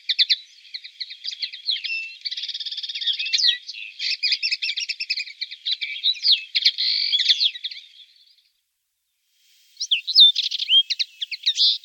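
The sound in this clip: Bird song, a long, rich, rapid warble of high chirps, trills and buzzy notes, pausing briefly before resuming with sharp whistled phrases.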